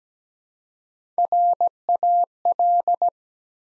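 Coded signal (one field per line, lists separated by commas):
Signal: Morse code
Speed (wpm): 17 wpm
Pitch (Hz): 700 Hz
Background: none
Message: RAL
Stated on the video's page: Morse practice at 17 wpm building 5-letter words one letter at a time.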